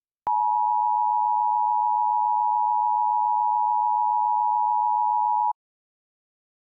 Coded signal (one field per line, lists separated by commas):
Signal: Emergency Alert System (SAME) tones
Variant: 853 and 960 Hz attention tone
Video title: EAS Mock 1 - Mysterious Dissapearance